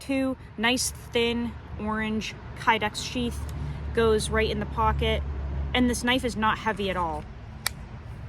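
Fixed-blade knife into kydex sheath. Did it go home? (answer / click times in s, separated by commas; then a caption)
yes / 7.7 s. A fixed-blade knife, the Caleb's Cleavers Wapiti Hunter, is pushed into a thin orange kydex sheath while someone talks over a low background rumble. The knife snaps home with one sharp click at 7.7 seconds, seated in the sheath.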